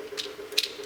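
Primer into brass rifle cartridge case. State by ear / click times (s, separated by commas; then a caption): seated / 0.6 s. A metal primer is pushed with a hand priming tool into the primer pocket of a brass 30.06 rifle case and seats fully at 0.6 s with a sharp, bright click, followed by a softer click at 0.6 s. A faint, softer rustle comes at about 0.2 s, with a steady low hum throughout.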